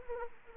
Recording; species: mosquito wingbeat signal from an infrared sensor; Anopheles arabiensis